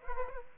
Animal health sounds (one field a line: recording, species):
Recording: mosquito wingbeat signal from an infrared sensor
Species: Aedes aegypti